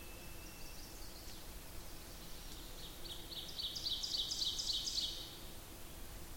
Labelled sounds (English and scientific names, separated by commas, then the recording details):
Ovenbird (Seiurus aurocapilla) song
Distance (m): 35 m
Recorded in boreal forest in Alberta, Canada, on 8 June 2016 at 08:35
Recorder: SongMeter 3, array SBT-3-9
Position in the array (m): 46 m, 112 m
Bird 33